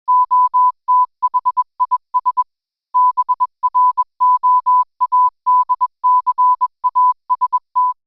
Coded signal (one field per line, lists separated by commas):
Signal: Morse code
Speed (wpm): 21 wpm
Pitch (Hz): 1000 Hz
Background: none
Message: O THIS BROADCAST